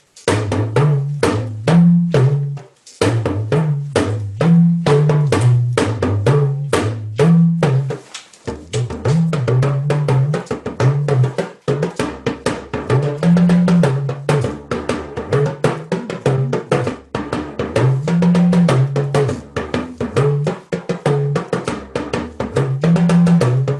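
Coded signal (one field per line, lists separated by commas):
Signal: talking drum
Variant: Yoruba dùndún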